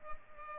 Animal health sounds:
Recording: mosquito wingbeat signal from an infrared sensor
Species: Culex pipiens

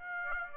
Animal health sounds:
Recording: mosquito wingbeat signal from an infrared sensor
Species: Aedes aegypti

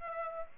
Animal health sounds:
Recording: mosquito wingbeat signal from an infrared sensor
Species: Aedes aegypti

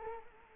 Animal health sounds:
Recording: mosquito wingbeat signal from an infrared sensor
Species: Culex quinquefasciatus

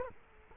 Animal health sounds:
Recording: mosquito wingbeat signal from an infrared sensor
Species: Culex quinquefasciatus

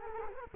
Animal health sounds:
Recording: mosquito wingbeat signal from an infrared sensor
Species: Culex quinquefasciatus

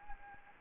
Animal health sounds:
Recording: mosquito wingbeat signal from an infrared sensor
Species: Anopheles gambiae

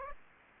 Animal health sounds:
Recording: mosquito wingbeat signal from an infrared sensor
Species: Aedes aegypti

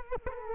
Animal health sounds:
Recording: mosquito wingbeat signal from an infrared sensor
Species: Culex quinquefasciatus

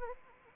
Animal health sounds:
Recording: mosquito wingbeat signal from an infrared sensor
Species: Anopheles arabiensis

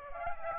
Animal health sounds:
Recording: mosquito wingbeat signal from an infrared sensor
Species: Aedes aegypti

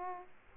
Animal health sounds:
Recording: mosquito wingbeat signal from an infrared sensor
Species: Aedes aegypti

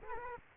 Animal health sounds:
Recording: mosquito wingbeat signal from an infrared sensor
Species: Culex quinquefasciatus

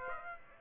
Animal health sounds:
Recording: mosquito wingbeat signal from an infrared sensor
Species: Aedes aegypti

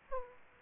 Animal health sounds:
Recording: mosquito wingbeat signal from an infrared sensor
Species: Aedes aegypti

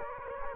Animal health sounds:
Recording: mosquito wingbeat signal from an infrared sensor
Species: Culex quinquefasciatus

